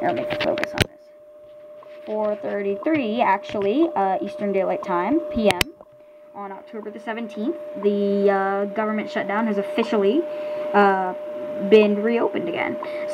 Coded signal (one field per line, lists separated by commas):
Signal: radio time signal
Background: speech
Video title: WWV Emerges From Shutdown